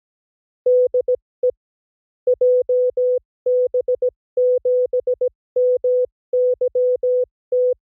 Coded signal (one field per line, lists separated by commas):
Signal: Morse code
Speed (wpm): 17 wpm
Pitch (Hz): 500 Hz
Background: none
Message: DE JB7MYT